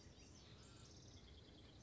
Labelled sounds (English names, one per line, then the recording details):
House Wren
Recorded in Sonoma County, California